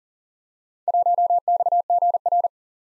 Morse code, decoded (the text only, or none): 1XGR